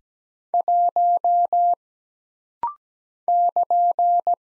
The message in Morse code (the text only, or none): 1 <KN>